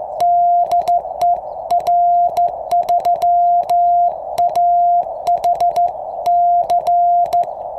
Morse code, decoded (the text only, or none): DE R3AHC